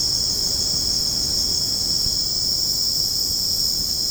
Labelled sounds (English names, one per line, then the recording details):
none
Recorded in secondary vegetation near Puerto Asís, Putumayo, Colombia, on 20 February 2024 at 03:30
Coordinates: 0.489, -76.322
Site G6419